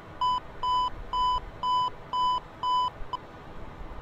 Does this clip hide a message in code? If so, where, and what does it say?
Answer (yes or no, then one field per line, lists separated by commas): no